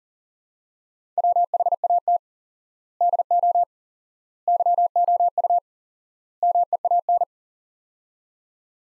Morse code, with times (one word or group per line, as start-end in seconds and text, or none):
1.2-2.2 WHAT
3.0-3.6 DO
4.5-5.6 YOU
6.4-7.2 MEAN